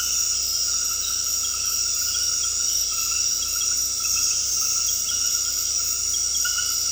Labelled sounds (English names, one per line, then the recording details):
none
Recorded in dense forest near Puerto Asís, Putumayo, Colombia, on 19 February 2024 at 23:00
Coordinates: 0.485, -76.318
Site G6408